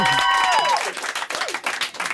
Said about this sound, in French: Je sais pas pourquoi vous applaudissez.